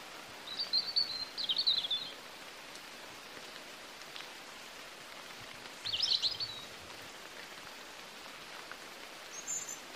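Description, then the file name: European robin with two bursts of high, sibilant trilled notes, one early and one midway, over a quiet hissing background. "Erithacus rubecula"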